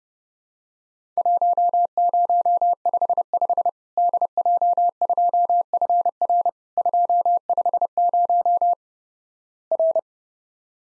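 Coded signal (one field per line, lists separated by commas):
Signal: Morse code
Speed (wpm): 32 wpm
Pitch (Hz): 700 Hz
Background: none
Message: 1055 DJ2FR 250 R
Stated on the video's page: Morse drill of Worked All Europe DX Contest QTC exchanges at 30 wpm, each sent in Morse, then spoken, then sent again.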